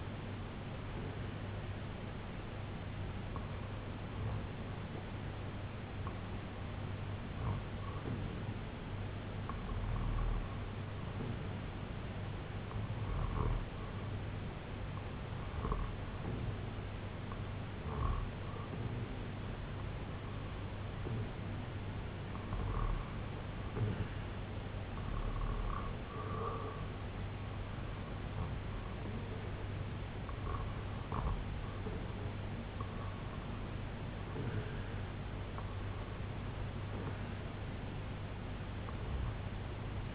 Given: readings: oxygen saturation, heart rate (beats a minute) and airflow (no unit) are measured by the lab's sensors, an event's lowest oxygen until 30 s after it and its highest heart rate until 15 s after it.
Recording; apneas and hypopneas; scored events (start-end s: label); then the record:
breathing in sleep by a voice recorder at the bedside; 1
6.00-27.10 s: hypopnea (REM, oxygen 97% highest, then 94% lowest, heart rate 72 at the start, 81 highest)
From the record:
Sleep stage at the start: REM sleep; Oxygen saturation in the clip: 95 to 97%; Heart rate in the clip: 72 to 81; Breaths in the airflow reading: 13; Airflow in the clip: -4.8 to 2.7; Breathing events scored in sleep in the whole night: 258 in 7.4 hours asleep